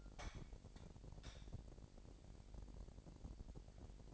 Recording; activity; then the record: daily activity, microphone in the room; light on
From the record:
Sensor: 5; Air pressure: 1012.1 hPa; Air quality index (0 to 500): 249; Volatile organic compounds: 4 ppm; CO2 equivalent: 1687 ppm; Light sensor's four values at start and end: 39/90/37/40 and 40/94/39/42